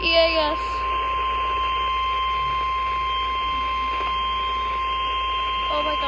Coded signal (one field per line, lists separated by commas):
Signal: Emergency Alert System (SAME) tones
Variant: 1050 Hz attention tone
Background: speech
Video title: #eas 9 severe thunderstorm warning ￼